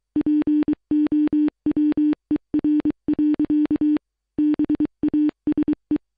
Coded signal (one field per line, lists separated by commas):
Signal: Morse code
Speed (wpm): 23 wpm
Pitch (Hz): 300 Hz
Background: none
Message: POWER. BASE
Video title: 0ktober Sos SOUND Effect